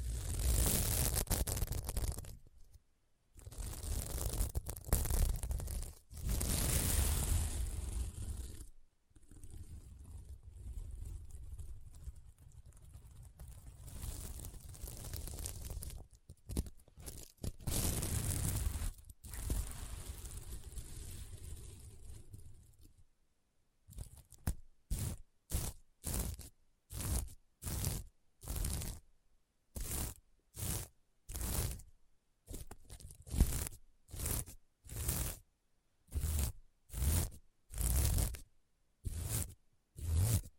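A sequined pillow is scratched and brushed, first in long, uneven strokes with dense, bright rasping and brief pauses. After about 24 seconds it changes to a quick, regular series of short scratches, each a crisp burst.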